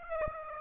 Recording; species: mosquito wingbeat signal from an infrared sensor; Aedes aegypti